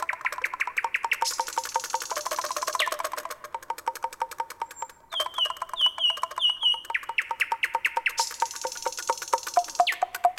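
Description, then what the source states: Common nightingale song: long runs of rapid clicking notes, a high buzzy sweep, then a descending series of whistled notes, and more fast chatter. Heard in cities.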